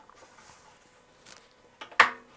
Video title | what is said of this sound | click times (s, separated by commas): Gourmia 7.6 Liters / 8 quarts Airfryer Unboxing and Review | you can push. There's a click, and that's it. | 2.0 s